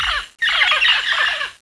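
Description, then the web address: Bird calls: a rapid, dense run of high, squealing notes that slur downward, overlapping one another, with a short break after the first fraction of a second. "copan vol Bird"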